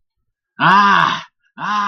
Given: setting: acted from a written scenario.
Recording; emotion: vocal sound without words; pain